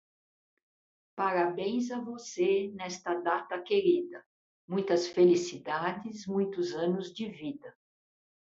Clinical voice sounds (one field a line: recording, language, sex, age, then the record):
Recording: short text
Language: Brazilian Portuguese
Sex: female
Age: 60 to 69 years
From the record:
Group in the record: control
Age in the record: 67 years